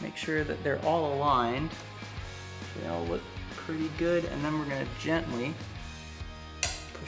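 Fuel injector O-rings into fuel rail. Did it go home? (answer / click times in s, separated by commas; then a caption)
yes / 6.6 s. Someone talks over background music while a fuel rail is lined up over the injectors on a Nissan GT-R and pushed down by hand. A sharp pop at 6.6 s is the injector O-rings sliding into the rail, and the rail is seated.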